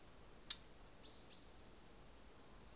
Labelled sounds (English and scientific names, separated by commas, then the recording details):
Common Chaffinch (Fringilla coelebs)
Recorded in Germany
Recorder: ecoPi